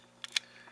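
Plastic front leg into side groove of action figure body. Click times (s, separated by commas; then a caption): 0.2 s, 0.4 s. The front leg of a plastic robot-dinosaur action figure is spun around during transformation until it locks into a groove on the side of the body, with springs inside. Two short, sharp clicks are heard at 0.2 s and 0.4 s, the second louder, and the leg is seated in the groove.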